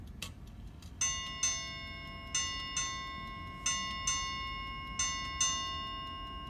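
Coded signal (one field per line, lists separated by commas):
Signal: ship's bell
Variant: Chelsea ship's bell clock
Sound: clock bell chimes eight times in four quick pairs, each ringing on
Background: quiet room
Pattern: 2-2-2-2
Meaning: Eight bells marks the end of a watch, here 12 o'clock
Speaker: it's time to go in and that's the eighth Belen and then it starts again at 12:30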